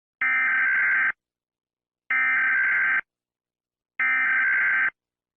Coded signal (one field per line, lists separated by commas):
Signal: Emergency Alert System (SAME) tones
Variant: header bursts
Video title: Rating EAs Alarms